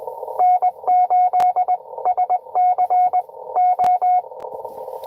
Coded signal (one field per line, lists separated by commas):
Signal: Morse code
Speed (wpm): 22 wpm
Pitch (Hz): 690 Hz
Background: radio noise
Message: N8SCO